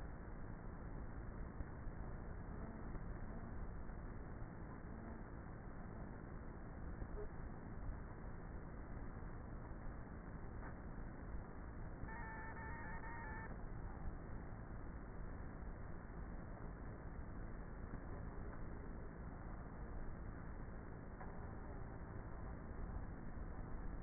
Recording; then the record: honeybee colony, microphone inside the hive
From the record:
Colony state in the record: queenless with a low population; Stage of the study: before two queens were removed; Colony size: about 30,000 bees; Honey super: no